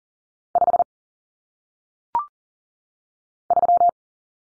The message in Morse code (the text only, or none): 5 3